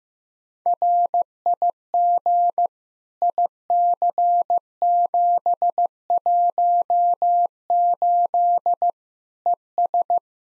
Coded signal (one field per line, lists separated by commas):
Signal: Morse code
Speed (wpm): 16 wpm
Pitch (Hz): 700 Hz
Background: none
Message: RIG IC718 ES